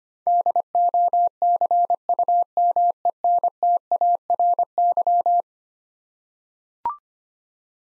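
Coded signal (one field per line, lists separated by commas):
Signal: Morse code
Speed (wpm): 25 wpm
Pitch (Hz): 700 Hz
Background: none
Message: DOCUMENTARY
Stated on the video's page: Head-copy drill of eleven-letter words sent in Morse at 25 wpm, each word sent twice.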